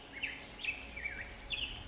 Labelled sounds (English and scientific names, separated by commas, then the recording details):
Black-headed Grosbeak (Pheucticus melanocephalus)
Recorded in Sonoma County, California